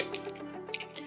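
A plastic hard drive tray is slid back into a Synology NAS drive bay and pressed in, giving sharp clicks at 0.0 and 0.7 seconds amid faint rattling. The tray clicks home and is seated.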